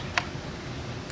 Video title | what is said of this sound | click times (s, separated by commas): PROFESJONALNA WIERTNICA DO PŁYTEK AGP #TC402 | to make sure it locks in place | 0.2 s